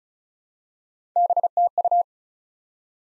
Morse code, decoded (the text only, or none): BTU